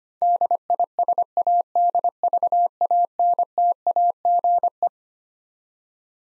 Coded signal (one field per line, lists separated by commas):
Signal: Morse code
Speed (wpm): 25 wpm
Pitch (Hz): 700 Hz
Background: none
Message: DISADVANTAGE